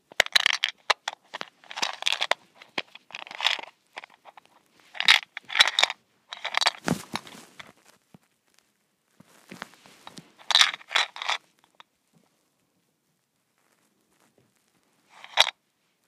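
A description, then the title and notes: A mint shaker is rattled in short, irregular bursts of dense, bright clicking and crunching, each lasting under a second. The shakes come close together for about the first eleven seconds, then stop, leaving near silence broken by one last quick rattle around fifteen seconds. ASMR: Mint Shaker.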